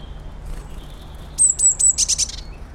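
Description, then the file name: Eurasian blue tit call: a few thin, very high notes followed by a quick burst of buzzy, scolding notes, with a low rumble in the background. "Cyanistes caeruleus"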